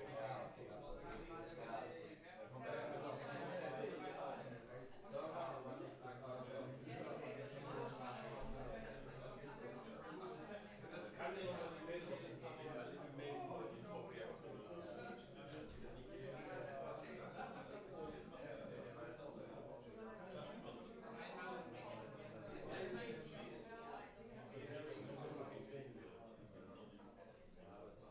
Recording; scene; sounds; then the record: everyday scene through a hearing-aid microphone; many people talking; many voices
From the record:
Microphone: behind the ear, left, rear